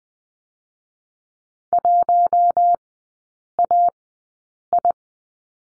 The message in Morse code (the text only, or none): 1AI